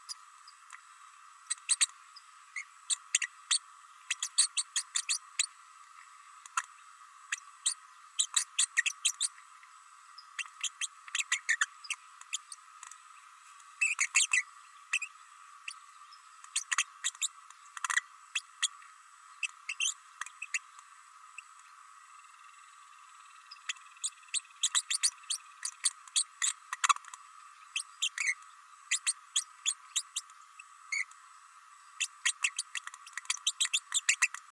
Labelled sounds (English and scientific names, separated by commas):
Green-rumped Parrotlet (Forpus passerinus) babbling